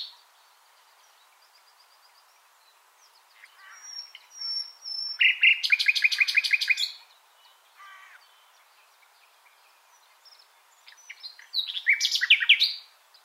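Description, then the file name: Common nightingale song: varied phrases with a loud rapid rattling trill of repeated notes around the middle, then another burst of rich, varied notes near the end. "Luscinia megarhynchos"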